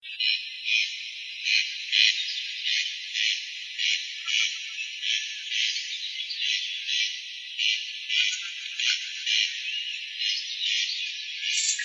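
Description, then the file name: Corn crake call: dry, rasping notes repeated steadily without pause, with no other clear sounds. "korostel"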